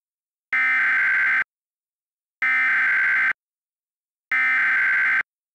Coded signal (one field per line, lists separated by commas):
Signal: Emergency Alert System (SAME) tones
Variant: header bursts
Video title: EAS Mock: Feelin' Hot